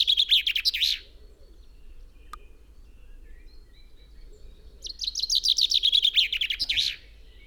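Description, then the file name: Common chaffinch song: the end of one descending trill, a quiet pause with a single click, then a full trill ending in a flourish. "Fringilla coelebs"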